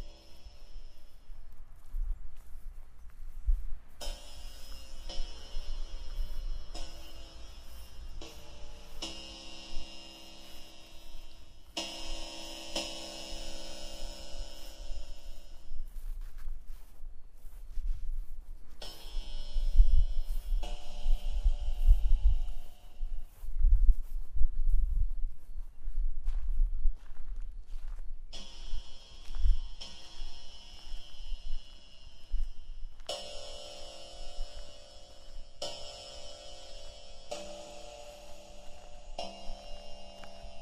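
A sound walk through the Saline Royale at Arc-et-Senans, passing installations and performances. A low steady hum runs throughout, with thumps around the twentieth second, while bright tonal textures swell and cut off in blocks every few seconds, fading and returning.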